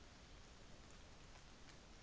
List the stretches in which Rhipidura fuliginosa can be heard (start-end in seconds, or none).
none